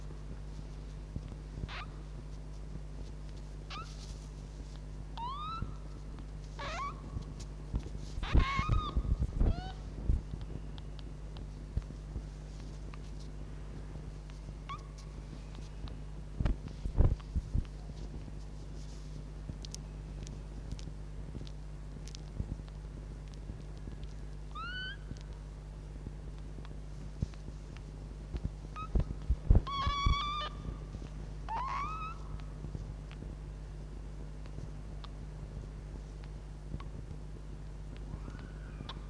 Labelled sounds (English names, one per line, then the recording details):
Red Fox
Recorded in captivity
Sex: diverse
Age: juvenile
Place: Zoologisches Institut der HUB, Berlin, DE
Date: 1956-04-03 13:00
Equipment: Elmetra
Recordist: Tembrock, Günter
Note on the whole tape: Zenzi-Welpen: laut Ansage (aber statt Männchen 2 muß es am Anfang Männchen 1 heißen!) Quärren, Wispern, Einschlaflaut (direkt am Mikrofon - höchstens bis 5 cm entfernt). Netzbrummen